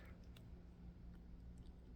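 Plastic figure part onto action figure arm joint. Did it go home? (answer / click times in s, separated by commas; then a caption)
no / none. A swapped plastic part, likely a hand, is being handled onto the plastic joint peg of a small plastic action figure's lifted arm. Only faint handling ticks and a low steady hum are heard. Nothing has seated or clicked yet.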